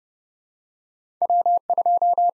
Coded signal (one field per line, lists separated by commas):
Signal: Morse code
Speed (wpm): 30 wpm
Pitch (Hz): 700 Hz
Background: none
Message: W2